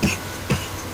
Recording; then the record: coughing mixed with background sound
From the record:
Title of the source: Dry Coughing Fit in the Afternoon.